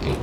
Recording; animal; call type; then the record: contact call of a hoofed animal; pig; closed-mouth grunt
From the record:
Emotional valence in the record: positive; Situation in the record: food and toys in familiar pen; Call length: 0.23 s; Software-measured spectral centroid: 2060 Hz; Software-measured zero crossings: 1340 a second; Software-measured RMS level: -24 dBFS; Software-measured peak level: -14 dBFS